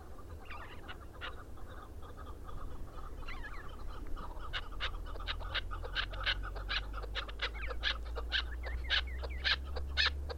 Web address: sound Chukar. صدای-کبک-چوکار